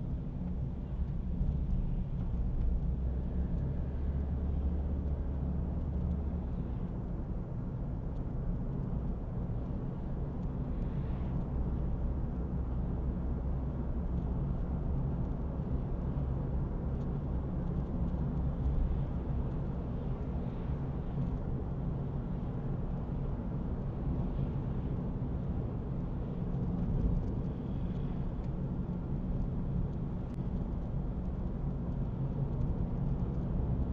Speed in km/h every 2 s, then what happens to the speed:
31, 35, 33, 34, 43, 48, 52, 55, 57, 59, 61, 61, 58, 51, 56, 52, 50.
0-6 steady at about 33. 6-20 speeds up to 61. 20-34 slows to 50.